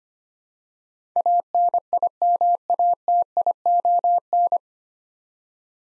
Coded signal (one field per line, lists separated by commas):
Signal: Morse code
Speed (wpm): 25 wpm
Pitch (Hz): 700 Hz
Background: none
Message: ANIMATION